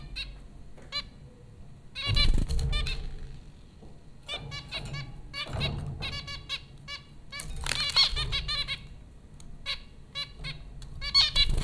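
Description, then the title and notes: Zebra finch calls, dense bursts of nasal beeping notes with short pauses, over a low hum. Zebra finches recorded by Dan Bodah at Popcorn School, Flatbush, Brooklyn, New York, USA, April 15, 2009. "Dronecast No. 030: The Popcorn Finches Four from Apr 15, 2009. Zebra finches recorded by Dan Bodah at Popcorn School, Flatbush, Brooklyn NY in April 2009"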